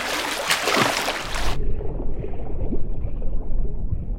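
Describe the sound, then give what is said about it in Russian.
A swimmer's bright, hissing splashes churn the water for a second and a half, then cut abruptly to a muffled, low, bubbling rumble as if heard from under the surface, as the swimmer in a film scene does a somersault underwater. “Лука плывет.”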